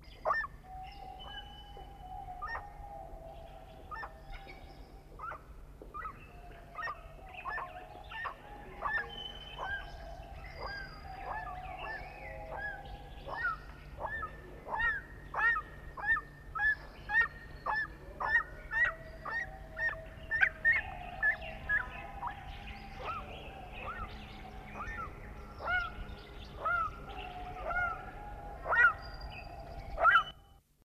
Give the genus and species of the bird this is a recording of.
Burhinus grallarius